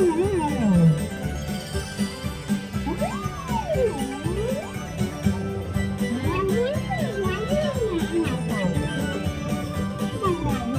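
Electrical Parade music plays a bright, swooping electronic melody over a steady clicking beat, with crowd chatter and children's voices throughout.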